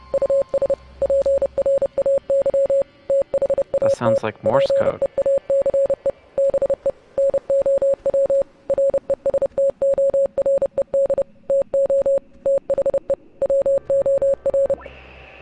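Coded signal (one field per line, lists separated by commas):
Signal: Morse code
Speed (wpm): 30 wpm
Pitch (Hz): 550 Hz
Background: speech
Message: US PRAY THAT PEACE BE NOW RESTORED TO THE WOR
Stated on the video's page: Morse from the game Oxenfree.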